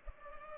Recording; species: mosquito wingbeat signal from an infrared sensor; Culex pipiens